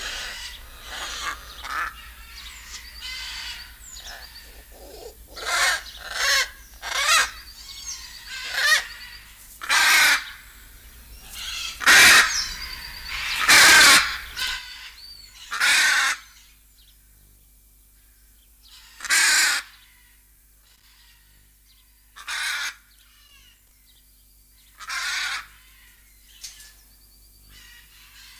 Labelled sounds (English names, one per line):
Hyacinth Macaw